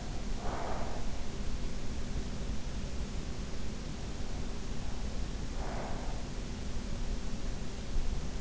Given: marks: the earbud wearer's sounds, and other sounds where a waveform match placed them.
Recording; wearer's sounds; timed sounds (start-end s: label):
sounds in sleep by an in-ear microphone; breath
0.00-1.36 s: breath
5.35-6.35 s: breath